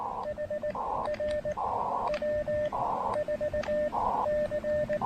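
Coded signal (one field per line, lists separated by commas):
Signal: Morse code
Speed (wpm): 19 wpm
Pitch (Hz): 590 Hz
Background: none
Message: HR W4C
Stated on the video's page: Morse during a SOTA summit activation in gusty wind.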